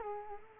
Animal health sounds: mosquito wingbeat signal from an infrared sensor; Culex quinquefasciatus

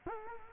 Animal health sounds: mosquito wingbeat signal from an infrared sensor; Culex quinquefasciatus

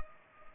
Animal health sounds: mosquito wingbeat signal from an infrared sensor; Culex pipiens

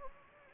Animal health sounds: mosquito wingbeat signal from an infrared sensor; Anopheles gambiae

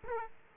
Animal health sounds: mosquito wingbeat signal from an infrared sensor; Aedes aegypti

